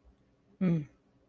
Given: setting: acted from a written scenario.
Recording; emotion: vocal sound without words; neutral